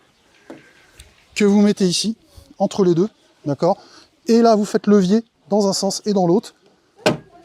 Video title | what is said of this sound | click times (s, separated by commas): Installation des feux Eagle Eye sur une Tesla Model 3 | tac et là on entend que ça se déclenche et à partir de là on | 7.1 s